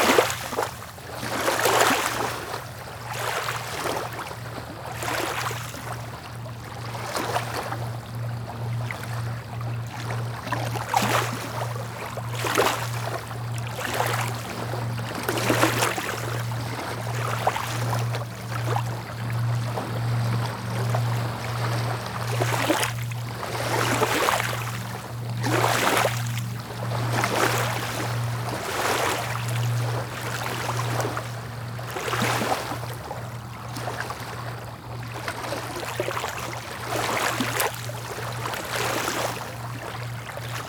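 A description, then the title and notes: Small waves splash gently at close range, each one a soft bright wash arriving every two to three seconds in a loose, irregular rhythm. Beneath them a steady low hum, like an idling boat engine, runs through the whole recording. Gentle Small Splashing Relaxing Waves.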